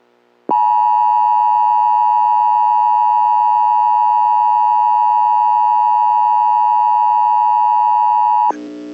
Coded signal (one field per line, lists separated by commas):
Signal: Emergency Alert System (SAME) tones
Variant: 853 and 960 Hz attention tone